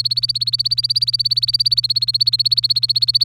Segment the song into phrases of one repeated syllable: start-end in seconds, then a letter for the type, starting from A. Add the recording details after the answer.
0.00-3.24 A. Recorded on 24 April 2018 at 07:55. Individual llb3